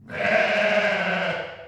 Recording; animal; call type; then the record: contact call of a hoofed animal; sheep; low-frequency (closed-mouth) or high-frequency (open-mouth) call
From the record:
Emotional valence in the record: negative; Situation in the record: short social isolation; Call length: 1.68 s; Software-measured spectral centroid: 1890 Hz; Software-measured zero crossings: 2590 a second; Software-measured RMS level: -23 dBFS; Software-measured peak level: -8 dBFS